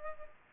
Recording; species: mosquito wingbeat signal from an infrared sensor; Culex pipiens